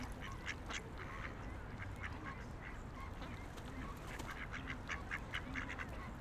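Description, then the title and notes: Ducks giving short repeated nasal calls in clusters, several birds overlapping, with constant low background rumble. Ducks on a lake in a park in Vienna, being given food. "Patos Viena. Este es el momento en el cual en un parque de Viena damos comida a unos patos que encontramos en un lago"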